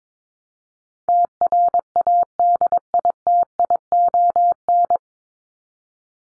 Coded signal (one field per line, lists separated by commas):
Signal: Morse code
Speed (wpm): 22 wpm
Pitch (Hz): 700 Hz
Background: none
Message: TRADITION